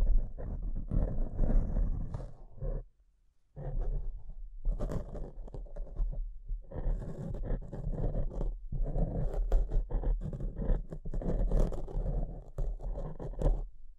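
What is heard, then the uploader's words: Rough scratching and rubbing against a microphone, a dense, gritty rustle with a heavy low rumble underneath. It runs in irregular bursts with sharp crackling ticks, pausing briefly near three seconds and again around six and a half and eight and a half seconds. ASMR Brain Melting Mic Scratching (No Talking).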